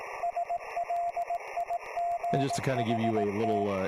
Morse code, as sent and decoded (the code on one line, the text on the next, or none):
... .-.. .. --. .... -
SLIGHT